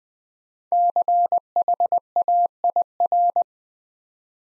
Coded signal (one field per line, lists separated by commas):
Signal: Morse code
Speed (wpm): 20 wpm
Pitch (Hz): 700 Hz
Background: none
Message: CHAIR